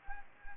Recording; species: mosquito wingbeat signal from an infrared sensor; Anopheles gambiae